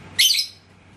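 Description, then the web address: Lovebird uttering one short, shrill, rasping chirp against a quiet background. "love-bird suara-lovebird-paud"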